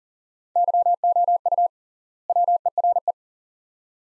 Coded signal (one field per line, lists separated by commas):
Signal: Morse code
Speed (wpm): 40 wpm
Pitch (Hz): 700 Hz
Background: none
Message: YOU WERE